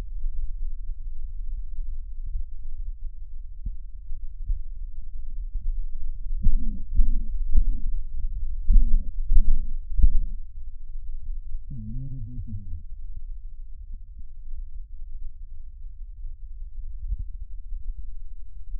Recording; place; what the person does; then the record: lung sounds by stethoscope; left posterior basal chest; quiet breathing, then cough and speech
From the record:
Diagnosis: COPD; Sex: male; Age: 77 years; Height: 172 cm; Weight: 94 kg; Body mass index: 31.8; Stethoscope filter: bell mode